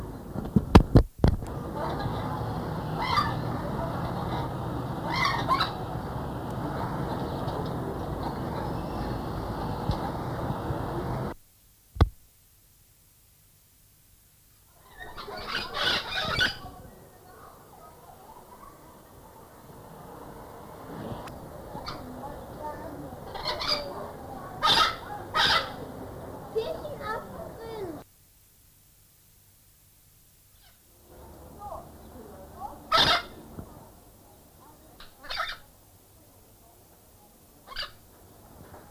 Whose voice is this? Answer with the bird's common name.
Tucuman Amazon